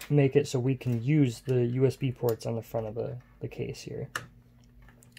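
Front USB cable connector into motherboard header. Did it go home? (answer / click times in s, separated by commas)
yes / 5.2 s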